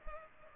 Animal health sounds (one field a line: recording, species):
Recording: mosquito wingbeat signal from an infrared sensor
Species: Culex pipiens